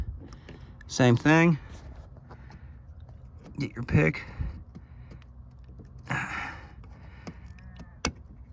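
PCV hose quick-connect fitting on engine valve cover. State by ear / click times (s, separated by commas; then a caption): released / 8.1 s. Someone talks while a pick is used on the PCV hose quick-connect fitting at the valve cover of a 2011–16 1.8L engine, during a valve cover replacement due to a bad PCV valve. Light handling sounds follow as the fitting is pulled. A sharp, loud click at 8.1 s marks the connector clicking open and releasing.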